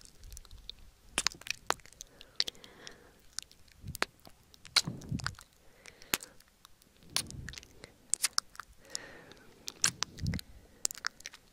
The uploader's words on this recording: ASMR Valentine's Day Mouth and Kiss Sounds.